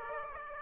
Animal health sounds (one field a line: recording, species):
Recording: mosquito wingbeat signal from an infrared sensor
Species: Aedes aegypti